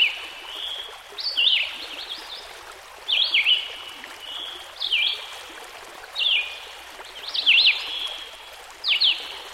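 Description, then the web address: Red-eyed Vireo song, short slurred whistled phrases that rise and fall, given about every one and a half seconds over a steady rushing stream. With a stream in the background. "Dan Gibson Songbirds By The Stream. Red - Eyed Vireo"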